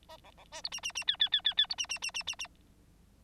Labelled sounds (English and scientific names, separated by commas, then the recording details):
Bengalese Finch (Lonchura striata domestica) song
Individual Bird9